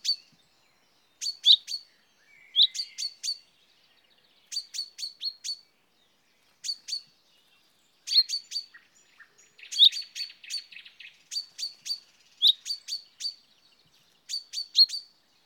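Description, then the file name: Common chaffinch calls: sharp, bright, clicky notes given in quick clusters, repeated with short pauses, in otherwise quiet surroundings. "Fringilla coelebs"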